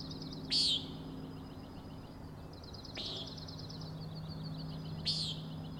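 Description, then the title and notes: Common nighthawk: three nasal, buzzy peents from a common nighthawk, the middle one softer, set against an ongoing high rhythmic trill. Three birds giving peenting calls; Overlook, Schoodic Head, Acadia National Park, Winter Harbor, Maine; 16 June 2017, 4am; flying in close formation, passing near the recordist. "Common Nighthawks, Schoodic Head 061617 4am. 3 common nighthawks making peenting calls and wings booms but also a rattling noise at the Overlook (410 ft) on Schoodic Head (435 feet) Schoodic division Acadia National Park Winter Harbor, ME"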